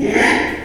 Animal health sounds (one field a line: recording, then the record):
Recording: squeal of a Yucatan mini pig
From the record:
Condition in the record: after surgery on the right vocal fold (resection and tissue-engineered implant)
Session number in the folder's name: 4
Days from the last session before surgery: 42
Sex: male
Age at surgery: 12 weeks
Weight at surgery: 13 kg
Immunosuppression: cyclosporine, prednisolone